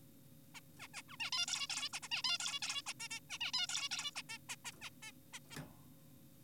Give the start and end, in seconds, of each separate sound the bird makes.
0.55-0.60, 0.79-0.88, 0.94-1.02, 1.09-1.17, 1.20-1.31, 1.32-1.46, 1.48-1.67, 1.70-1.89, 1.93-2.00, 2.03-2.08, 2.12-2.22, 2.24-2.38, 2.40-2.60, 2.62-2.82, 2.86-2.94, 3.00-3.08, 3.11-3.19, 3.30-3.38, 3.41-3.52, 3.54-3.67, 3.69-3.89, 3.91-4.11, 4.16-4.22, 4.29-4.38, 4.49-4.56, 4.65-4.72, 4.82-4.90, 5.03-5.12, 5.33-5.39, 5.51-5.57